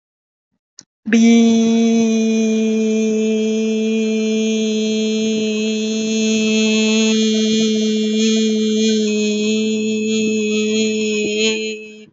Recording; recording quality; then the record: sustained vowel as in beet; excellent, no background noise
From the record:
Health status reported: healthy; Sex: female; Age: 31 years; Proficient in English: yes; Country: India